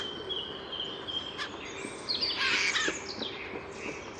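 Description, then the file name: Eurasian jay giving one harsh, rasping screech, over steady background hiss with thin whistles from other birds. "Garrulus glandarius"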